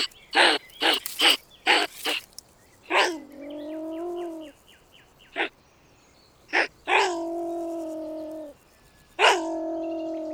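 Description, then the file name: European pine marten calls: a run of quick harsh clicks, then three drawn-out harmonic whines, each one to two seconds long, separated by sharp clicks. "salamandre martre"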